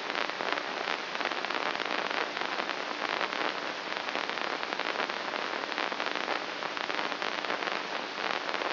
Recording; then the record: brain microelectrode recording played as sound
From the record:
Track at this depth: outside the subthalamic nucleus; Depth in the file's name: 3.044 mm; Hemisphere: left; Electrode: 2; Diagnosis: Parkinson's disease